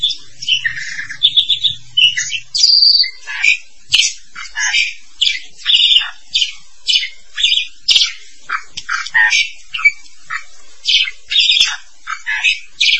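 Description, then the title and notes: Starling song of harsh squawks, clicks and scratchy chattering notes delivered in quick irregular bursts. "suara burung jalak"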